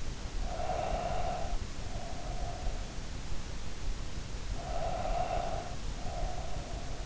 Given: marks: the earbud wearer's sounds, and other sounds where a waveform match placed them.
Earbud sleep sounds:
sounds in sleep by an in-ear microphone; breath
0.15-2.83 s: breath
4.49-7.06 s: breath

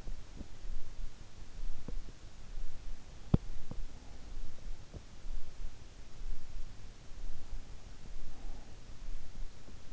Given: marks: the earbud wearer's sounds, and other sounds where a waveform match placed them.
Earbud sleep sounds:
sounds in sleep by an in-ear microphone; teeth grinding, breath
0.00-5.11 s: teeth grinding
8.09-9.07 s: breath

